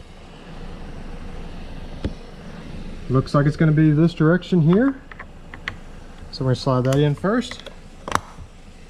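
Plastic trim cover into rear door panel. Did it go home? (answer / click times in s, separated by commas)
yes / 8.2 s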